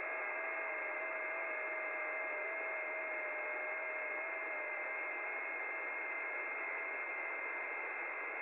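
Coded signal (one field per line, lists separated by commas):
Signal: FT8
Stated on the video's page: FT8 on the 12 meter band, with DX while 10 meters was closed.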